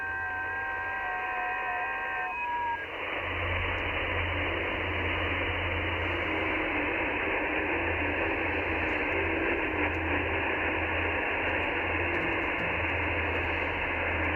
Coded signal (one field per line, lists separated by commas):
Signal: FT8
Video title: E6AF, Niue Is., Pacific Ocean, OC-040, 7MHz, FT8, Worked by HL2WA